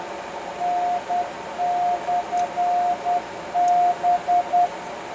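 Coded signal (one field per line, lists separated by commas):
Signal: Morse code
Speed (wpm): 10 wpm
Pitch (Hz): 710 Hz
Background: radio noise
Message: N/B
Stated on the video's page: Microwave beacon on 1296 on a mountain site.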